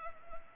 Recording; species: mosquito wingbeat signal from an infrared sensor; Culex pipiens